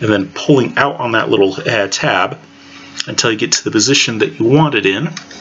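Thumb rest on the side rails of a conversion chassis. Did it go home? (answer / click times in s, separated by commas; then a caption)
no / none. Someone talks while a polymer thumb rest is slid onto the side rails of a CAA MCK Gen 2 conversion chassis for a CZ P-07/09 with a threaded barrel and pulled into position by its tab. Speech dominates, with faint handling sounds underneath. Nothing has snapped or seated yet.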